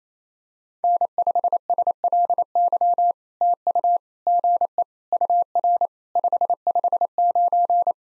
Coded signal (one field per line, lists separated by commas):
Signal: Morse code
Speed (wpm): 27 wpm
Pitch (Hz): 700 Hz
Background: none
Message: N5SLY TU GE UR 559